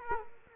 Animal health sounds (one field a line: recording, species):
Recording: mosquito wingbeat signal from an infrared sensor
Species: Culex quinquefasciatus